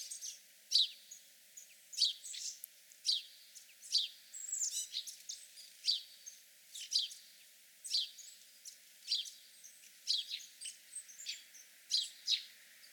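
House sparrow chirps, a busy run of sharp notes packed closely together.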